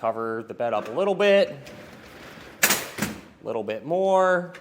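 A Pace Edwards JackRabbit retractable hard tonneau cover on a pickup bed is pulled further closed along its side rails while someone talks. At 2.6 s it gives one sharp click as it locks into the next intermediate stop, leaving the bed partly covered.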